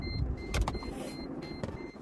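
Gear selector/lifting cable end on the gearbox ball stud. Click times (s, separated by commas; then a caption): 0.5 s, 0.7 s. A flat screwdriver prises the end of a gearbox selector/lifting cable, and the socket end pops off the small ball stud with sharp snaps at 0.5 s and 0.7 s, leaving the cable end released. A fainter click follows at 1.6 s over a steady background hum with faint high tones.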